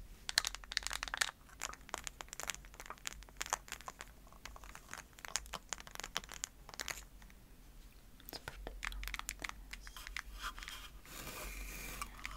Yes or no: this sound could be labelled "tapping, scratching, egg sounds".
yes